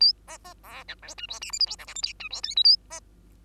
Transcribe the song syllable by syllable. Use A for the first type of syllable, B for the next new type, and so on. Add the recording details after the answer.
A B B C D E F G H I J K L M N O F G P Q A B. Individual Bird2